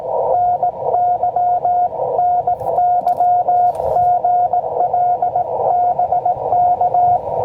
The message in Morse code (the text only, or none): NY NY GL BK